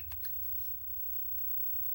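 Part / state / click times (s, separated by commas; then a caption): RJ45 ethernet plug into network cable tester port / not seated / none. A freshly crimped plastic Cat6 RJ45 plug is handled and pushed toward the port of a network continuity tester, with a few brief sharp ticks around 0.1, 0.3 and 1.4 seconds over a low background rumble. The plug has not seated or clicked into the tester yet.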